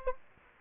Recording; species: mosquito wingbeat signal from an infrared sensor; Anopheles gambiae